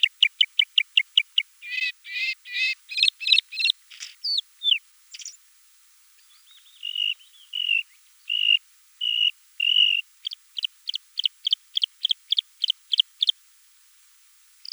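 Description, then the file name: Bluethroat song: rapid repeated metallic notes, then varied buzzy and twittering phrases, a pause, lower drawn-out notes, and a closing run of quick ringing repeated notes. "Luscinia svecica"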